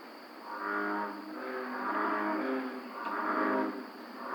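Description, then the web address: Barred owl calling with several drawn-out, harmonic-rich hooting phrases, each swelling and fading, against a steady faint background hiss. Recorded 5 June 2009. "Barred Owl 2009 06 05 Barred Owl"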